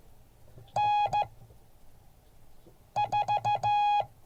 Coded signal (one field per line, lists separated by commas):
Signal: Morse code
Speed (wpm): 14 wpm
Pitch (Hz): 830 Hz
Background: none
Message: N4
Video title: Morse code class 2023-02-01